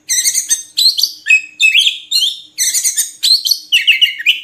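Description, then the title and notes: Oriental magpie-robin song, loud harmonic chirps and slurred whistles delivered in rapid repeated bursts. Long-duration magpie-robin filler (isian) song, played to train birds to sing actively (gacor) day and night. "Kacer Jadi Gacor Siang Malam. Isian Kacer Durasi Panjang"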